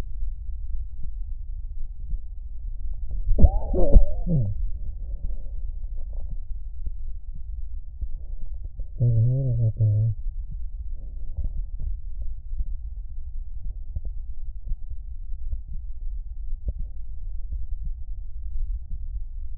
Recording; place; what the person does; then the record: lung sounds by stethoscope; right anterior apical chest; quiet breathing, then cough and speech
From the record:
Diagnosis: interstitial lung disease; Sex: male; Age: 74 years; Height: 160 cm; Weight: 54 kg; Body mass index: 21.1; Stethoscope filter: extended mode